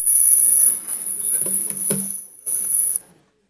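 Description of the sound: A steady, very high-pitched whine runs unbroken for about three seconds, then stops, with faint low background rumble beneath it. It simulates tinnitus, a familiar beep that never goes away, from hearing damage acquired at a pop concert, together with strong sensitivity to noise.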